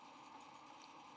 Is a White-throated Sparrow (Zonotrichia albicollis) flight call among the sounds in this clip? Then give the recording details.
no. No flight call is heard. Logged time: 22:22 on 13 November 2014